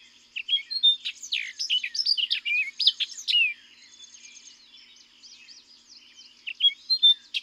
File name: Orchard Oriole